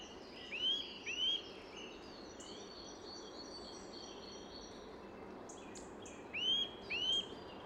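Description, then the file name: Eurasian nuthatch calls: a pair of quick rising whistles near the start and another pair near the end, with faint bird twitters between. "Sitta europaea"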